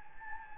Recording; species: mosquito wingbeat signal from an infrared sensor; Anopheles gambiae